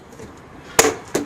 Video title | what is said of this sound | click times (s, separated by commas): Black & Decker 12-Inch 3-in-1 Trimmer/Edger and Mower Assemble and Operate | it locks in place now we're in placed for M | 0.8 s